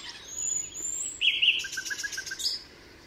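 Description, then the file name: Common nightingale song: a long high whistled note, then a quick string of evenly spaced lower repeated notes. Recorded at Altmühlsee on 27 April 2014. "Nachtigall. Altmuehlsee. Susanne Rieck"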